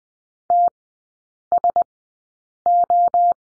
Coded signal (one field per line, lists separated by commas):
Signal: Morse code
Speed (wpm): 20 wpm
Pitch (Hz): 700 Hz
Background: none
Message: TSO